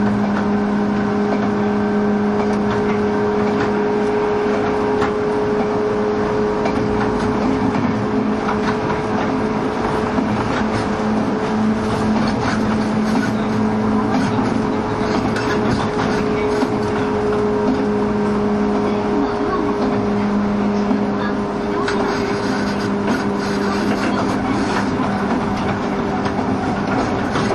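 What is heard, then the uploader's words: A train running along the line, with a steady, dense rumble and a constant low droning hum from the engine throughout. Faint clicks and knocks from the track come through now and then. 2104,103系 播但線普通 01/01:姫路～寺前. その車両の全速力を楽しめる＂播但線＂の列車走行音. The train running sound on the Bantan Line.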